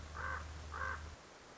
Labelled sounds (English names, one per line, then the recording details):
Common Raven
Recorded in Sonoma County, California